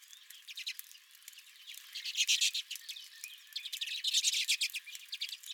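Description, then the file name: Redpolls giving dense rapid chattering trills that swell and fade. Several redpolls at the recordist's own feeder. "Redpolls at My Feeder"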